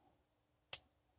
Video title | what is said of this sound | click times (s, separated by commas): how to make a pocket knife #short #edc #blade #everydaycarry #viking #edcknife #bladesmith | yeah it's got a real good snap | 0.7 s